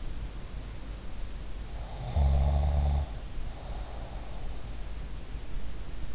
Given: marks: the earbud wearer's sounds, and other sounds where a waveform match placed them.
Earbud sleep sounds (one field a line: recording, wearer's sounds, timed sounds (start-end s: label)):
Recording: sounds in sleep by an in-ear microphone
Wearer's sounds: snoring breath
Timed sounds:
1.84-4.46 s: snoring breath